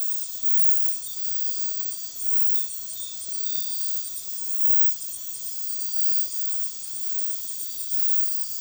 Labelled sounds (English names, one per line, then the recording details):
none
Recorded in dense forest near Puerto Asís, Putumayo, Colombia, on 18 February 2024 at 23:30
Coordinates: 0.505, -76.324
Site G6467